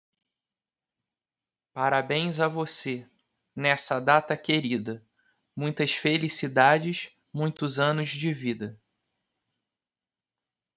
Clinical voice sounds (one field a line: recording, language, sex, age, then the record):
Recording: short text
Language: Brazilian Portuguese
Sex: male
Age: 20 to 29 years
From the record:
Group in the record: control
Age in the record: 28 years